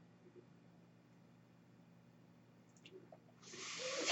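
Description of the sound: Quiet background hum, then a rising airy hiss near the end: a person's own home mechanical ventilator pushing a breath.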